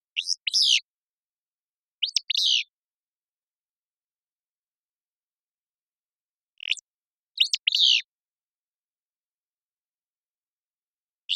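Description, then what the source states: Willow flycatcher singing sharp, buzzy two-part phrases, a quick note followed by a burry rasp, given in pairs with long silent gaps between. Willow flycatcher song, described as a buzzy, sharp, staccato fitz-pew.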